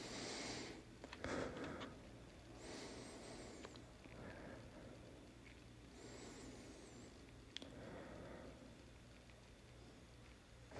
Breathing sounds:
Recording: deep breathing after running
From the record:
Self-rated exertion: light exertion (2 of 6)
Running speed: 7 miles an hour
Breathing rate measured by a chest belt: 24 breaths a minute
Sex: male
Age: 27 years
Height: 185 cm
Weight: 76 kg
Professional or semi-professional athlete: no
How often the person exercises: over 5 times a week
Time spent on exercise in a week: over 5 hours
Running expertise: no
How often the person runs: over 5 times a week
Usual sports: running, weight training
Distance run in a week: 65 km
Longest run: 42 km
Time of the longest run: 214 minutes

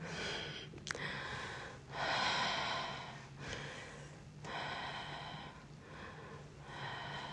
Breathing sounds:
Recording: deep breathing after running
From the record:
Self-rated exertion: light exertion (2 of 6)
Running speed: 7 miles an hour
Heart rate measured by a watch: 104 beats a minute at the start, 105 at the end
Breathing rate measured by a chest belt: 20 breaths a minute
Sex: female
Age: 55 years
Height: 157 cm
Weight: 48 kg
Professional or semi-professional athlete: yes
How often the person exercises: every day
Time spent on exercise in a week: over 5 hours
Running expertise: yes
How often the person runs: 3 to 5 times a week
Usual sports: running, swimming, yoga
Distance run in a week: 40 miles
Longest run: 20 miles

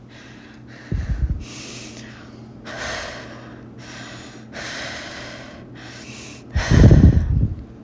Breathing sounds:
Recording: deep breathing after running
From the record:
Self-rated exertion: moderate exertion (3 of 6)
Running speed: 7 miles an hour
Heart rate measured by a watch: 149 beats a minute at the start, 145 at the end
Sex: female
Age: 33 years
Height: 155 cm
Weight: 48 kg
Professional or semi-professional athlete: no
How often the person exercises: 3 to 5 times a week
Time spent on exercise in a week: under 1 hour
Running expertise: no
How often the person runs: under once a week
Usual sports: hiking, cycling

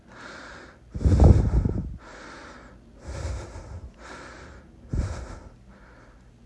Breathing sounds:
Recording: deep breathing after running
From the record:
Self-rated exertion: light exertion (2 of 6)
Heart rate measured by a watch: 106 beats a minute at the start, 107 at the end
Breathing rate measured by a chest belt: 15 breaths a minute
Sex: male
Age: 37 years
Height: 174 cm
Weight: 76 kg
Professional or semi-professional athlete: no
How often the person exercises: over 5 times a week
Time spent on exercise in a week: over 5 hours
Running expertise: yes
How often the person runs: 3 to 5 times a week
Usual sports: running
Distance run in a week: 70 km

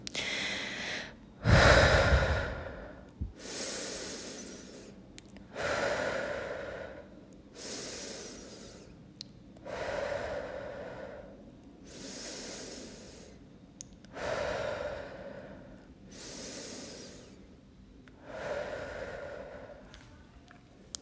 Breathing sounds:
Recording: deep breathing after running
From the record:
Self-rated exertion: moderate exertion (3 of 6)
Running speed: 5 miles an hour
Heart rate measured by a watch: 125 beats a minute at the start, 119 at the end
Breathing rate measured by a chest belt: 15 breaths a minute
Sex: female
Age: 18 years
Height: 171 cm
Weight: 75 kg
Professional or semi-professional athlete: no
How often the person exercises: 1 to 2 times a week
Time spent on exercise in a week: under 1 hour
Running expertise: no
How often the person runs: 1 to 2 times a week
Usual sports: running, fencing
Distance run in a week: 3 km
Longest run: 21.3 km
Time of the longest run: 190 minutes

